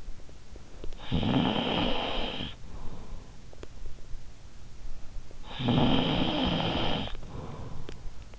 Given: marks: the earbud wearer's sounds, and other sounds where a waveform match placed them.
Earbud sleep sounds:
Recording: sounds in sleep by an in-ear microphone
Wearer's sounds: snoring breath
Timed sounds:
0.65-3.93 s: snoring breath
5.36-8.39 s: snoring breath

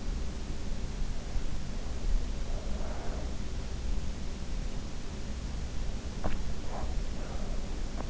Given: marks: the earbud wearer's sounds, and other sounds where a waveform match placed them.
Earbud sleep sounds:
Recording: sounds in sleep by an in-ear microphone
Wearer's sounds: breath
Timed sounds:
2.32-3.65 s: breath
6.45-7.91 s: breath

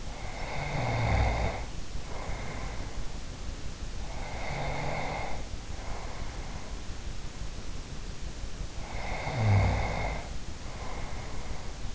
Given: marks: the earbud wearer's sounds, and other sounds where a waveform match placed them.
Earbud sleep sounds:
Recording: sounds in sleep by an in-ear microphone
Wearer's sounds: snoring breath, breath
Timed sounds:
0.00-3.26 s: snoring breath
4.14-6.75 s: breath
8.73-11.95 s: snoring breath

